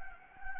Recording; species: mosquito wingbeat signal from an infrared sensor; Anopheles gambiae